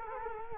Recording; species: mosquito wingbeat signal from an infrared sensor; Culex quinquefasciatus